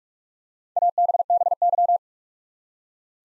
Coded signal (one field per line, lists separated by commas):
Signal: Morse code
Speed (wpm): 44 wpm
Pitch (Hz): 700 Hz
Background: none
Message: ABBY